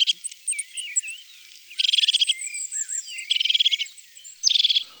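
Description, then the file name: European crested tit song: three rapid purring trills of fast repeated notes, separated by thin high chirps, against faint background hiss. "Mesange huppee ABC des chants doiseaux"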